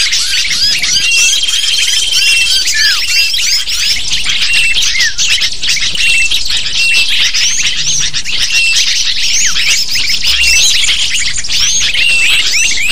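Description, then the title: Shrill lovebird chatter from many birds at once, rapid chirps and squeals forming a continuous, high-pitched din. Used as a lure to attract lovebirds. "PIKAT BURUNG LOVEBIRD"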